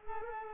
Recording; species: mosquito wingbeat signal from an infrared sensor; Culex pipiens